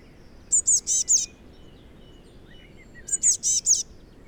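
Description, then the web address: Eurasian blue tit with two crisp groups of four high-pitched notes, about two and a half seconds apart; faint lower chirps between them. "SETE data Cyanistes caeruleus"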